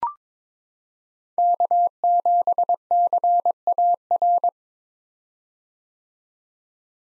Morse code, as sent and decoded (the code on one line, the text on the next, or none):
-.- --... -.-. .- .-.
K7CAR